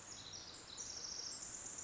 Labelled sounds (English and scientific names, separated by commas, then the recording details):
Pacific Wren (Troglodytes pacificus)
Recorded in Sonoma County, California